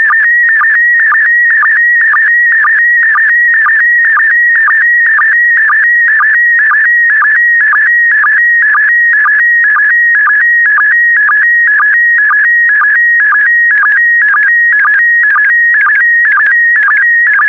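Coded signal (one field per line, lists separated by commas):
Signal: SSTV (slow-scan television)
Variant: PD120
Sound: steady warbling tone around 2 kHz, with short low chirps twice a second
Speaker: the next image transmission will start in 10 seconds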